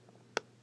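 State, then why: Seated. A plastic toy sword piece is pushed into the gun of a Transformers Fall of Cybertron Deluxe Ultra Magnus transforming action figure to form one large combined weapon. One sharp click is heard at 0.4 s over a quiet background. The sword snaps into place on the gun.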